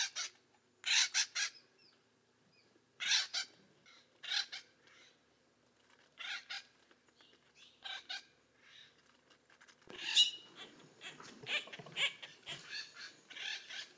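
Bird repeating rough, rasping calls that grow busier and more crowded toward the end, with extra noise underneath.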